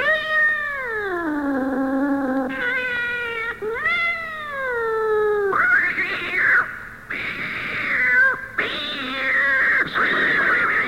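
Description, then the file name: Cat meowing in long, wavering harmonic cries that slide downward, followed by harsher, strained yowls toward the end. "gatti cats"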